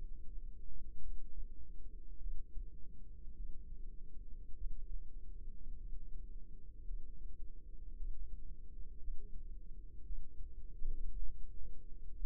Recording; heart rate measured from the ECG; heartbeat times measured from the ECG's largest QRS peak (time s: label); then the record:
heart sounds by microphone in the left ear; 54 bpm
0.99 s: heartbeat
2.18 s: heartbeat
3.34 s: heartbeat
4.55 s: heartbeat
5.77 s: heartbeat
6.85 s: heartbeat
7.96 s: heartbeat
8.99 s: heartbeat
10.04 s: heartbeat
11.14 s: heartbeat
12.15 s: heartbeat
From the record:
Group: healthy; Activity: rest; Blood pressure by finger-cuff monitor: 107/62 mmHg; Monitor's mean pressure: 80 mmHg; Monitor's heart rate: 54 bpm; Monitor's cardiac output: 5 L/min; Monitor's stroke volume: 96 mL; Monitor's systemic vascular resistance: 1210 dyn s/cm5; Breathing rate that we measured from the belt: 21 breaths a minute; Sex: female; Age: 28 years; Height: 170 cm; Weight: 77 kg